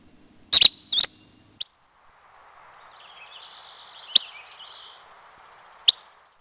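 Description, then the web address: Gray Flycatcher sharp call notes, a doubled pair then a single note, more isolated notes later, over a faint soft warble and background hiss. "Peterson North American Birds iso sound grfl"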